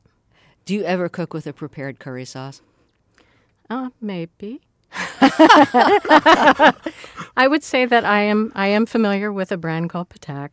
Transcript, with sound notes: Do you ever cook with a prepared curry sauce?
Maybe.
(LAUGHTER)
I would say that I am familiar with a brand called Patak